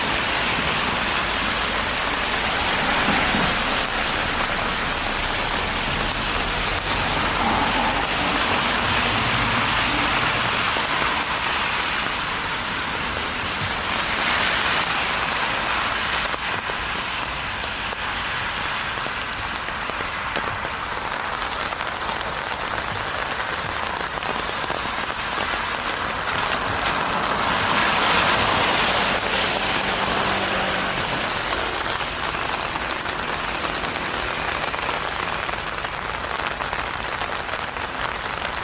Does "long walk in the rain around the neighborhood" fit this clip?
yes